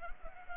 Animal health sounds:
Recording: mosquito wingbeat signal from an infrared sensor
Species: Culex pipiens

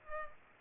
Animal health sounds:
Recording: mosquito wingbeat signal from an infrared sensor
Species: Culex pipiens

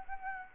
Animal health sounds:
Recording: mosquito wingbeat signal from an infrared sensor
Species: Anopheles gambiae

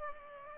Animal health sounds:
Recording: mosquito wingbeat signal from an infrared sensor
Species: Culex pipiens

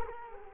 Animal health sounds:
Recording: mosquito wingbeat signal from an infrared sensor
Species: Culex quinquefasciatus

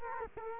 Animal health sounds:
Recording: mosquito wingbeat signal from an infrared sensor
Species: Culex quinquefasciatus

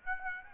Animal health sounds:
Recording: mosquito wingbeat signal from an infrared sensor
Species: Aedes aegypti

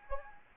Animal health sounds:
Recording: mosquito wingbeat signal from an infrared sensor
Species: Anopheles gambiae

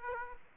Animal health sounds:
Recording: mosquito wingbeat signal from an infrared sensor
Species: Aedes aegypti

